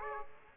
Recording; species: mosquito wingbeat signal from an infrared sensor; Aedes aegypti